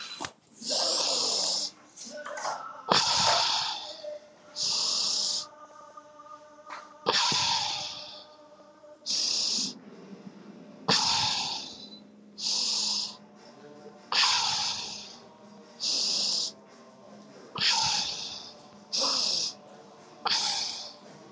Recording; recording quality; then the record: deep breathing; excellent, no background noise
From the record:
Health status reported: healthy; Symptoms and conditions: none ticked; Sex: female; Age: 43 years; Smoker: not ticked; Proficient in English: yes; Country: India